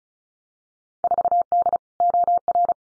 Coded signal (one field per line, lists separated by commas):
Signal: Morse code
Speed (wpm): 36 wpm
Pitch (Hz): 700 Hz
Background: none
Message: 4D OR